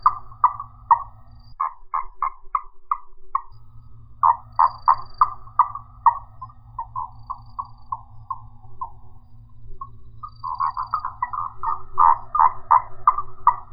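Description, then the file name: Marsupial frog giving long runs of rapid knocking notes, pausing briefly then resuming, over a low background hum. "Gastrotheca ovifera"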